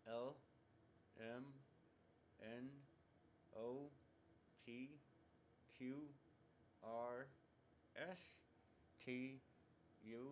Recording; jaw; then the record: letters of the alphabet, spoken; constrained by a bite bar between the teeth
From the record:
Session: first day, right after the free take